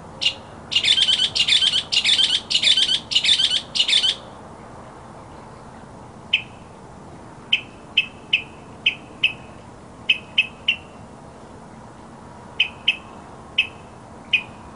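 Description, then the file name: Mockingbird song: an opening burst of rapid buzzy trills, then sharp single chips and doubled notes scattered irregularly over the following seconds. Masteran (tutor) sound for songbirds, uploaded November 2014. "suara masteran mockingbird"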